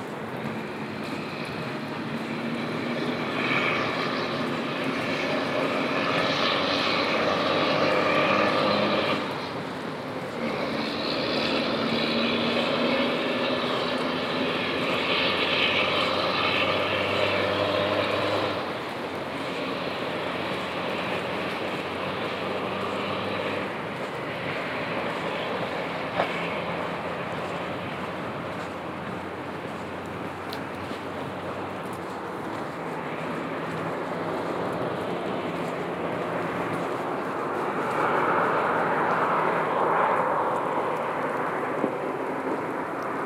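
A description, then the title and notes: A steady outdoor wash of passing cars runs beneath a snowy shoreline trail. Vehicles swell and fade in the first twenty seconds, with a low engine rumble, then the sound settles into a softer, even hush, broken by a few faint clicks and ticks. Falling Snow on the Shoreline Trail (Sandy Hansen Shoreline Orange Trail, Millennium Park). The quietness of snow while passing a few animals, hikers, and cars along the Sandy Hansen Shoreline Orange Trail.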